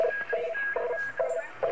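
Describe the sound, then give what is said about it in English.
A shortwave radio signal: steady, evenly spaced bursts of a mid-pitched electronic tone with a higher whistle above, pulsing about twice a second over a constant bed of static hiss. “And it's a definite signal. Yeah, it's probably shortwave radio from God knows where.”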